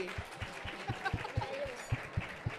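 A small audience at the Veganagal 2023 event in Madrid claps in a steady, even rhythm, about ten sharp beats over a murmur of background voices.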